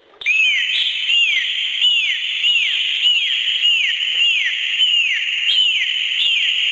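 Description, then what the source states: Common bottlenose dolphin whistles: a steady series of high, bird-like downward-sweeping whistles, repeated roughly every two-thirds of a second. Whistles that almost sound like birds.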